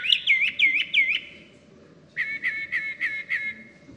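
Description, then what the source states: Northern Mockingbird song: a quick set of looping whistled notes, then a pause, then a series of several lower, repeated notes. Occurs in North America; song sounds genuinely mocking, which is how it got its name.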